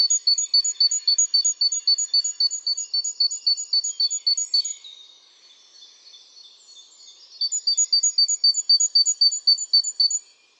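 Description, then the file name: Great tit calls: rapid, evenly repeated high thin notes, about four per second, pausing midway with softer twittering before resuming. "Parus major"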